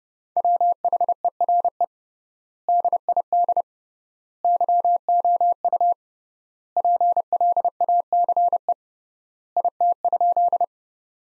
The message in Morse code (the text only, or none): WHERE DID YOU PLACE IT?